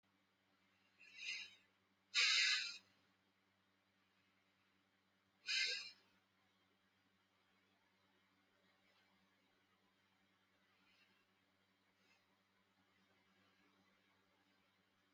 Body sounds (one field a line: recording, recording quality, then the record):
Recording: deep breathing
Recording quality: excellent, no background noise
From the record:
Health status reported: healthy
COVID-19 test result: not tested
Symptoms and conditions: asthma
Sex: male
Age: 22 years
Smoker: not ticked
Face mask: not worn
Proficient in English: yes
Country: India